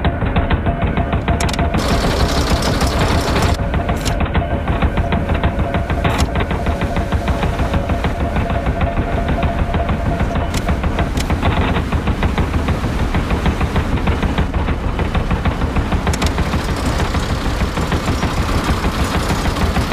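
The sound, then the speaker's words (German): A motor runs steadily with a rapid, pulsing chug, a dense low rumble layered with rattling, knocking beats that keep an even rhythm throughout without pause. “Seine Leidenschaft für die Maschine entsprang keinem Hang zur Perfektion, sondern dem Gefühl ergriffenen Staunens gegenüber dem pumpend lebendigen Motor.”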